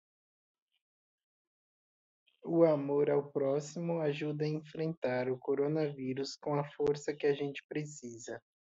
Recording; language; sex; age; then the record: spoken sentence; Brazilian Portuguese; male; 20 to 29 years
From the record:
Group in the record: control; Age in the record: 27 years